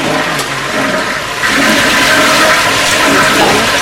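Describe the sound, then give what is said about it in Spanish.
A toilet flushes with a loud, steady rush of water that surges and grows fuller partway through, continuing as a broad gushing hiss to the end. No voices are heard. “Venga, vamos a tirar de la cadena ya.”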